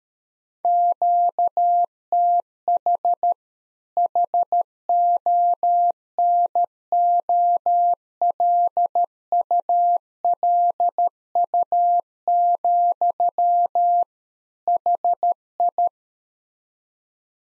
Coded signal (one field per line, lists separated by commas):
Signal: Morse code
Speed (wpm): 13 wpm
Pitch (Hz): 700 Hz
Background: none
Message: QTH HONOLULU, HI